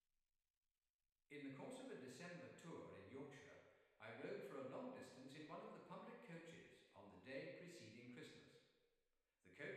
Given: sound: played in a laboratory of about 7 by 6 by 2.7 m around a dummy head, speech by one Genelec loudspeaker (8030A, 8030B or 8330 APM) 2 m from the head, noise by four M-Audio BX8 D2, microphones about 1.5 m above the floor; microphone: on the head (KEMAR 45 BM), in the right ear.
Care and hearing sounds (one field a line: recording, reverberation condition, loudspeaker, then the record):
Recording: male speech in English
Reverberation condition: high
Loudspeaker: 150 degrees to the right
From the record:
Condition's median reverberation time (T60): about 1300 ms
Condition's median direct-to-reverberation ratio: about -4.0 dB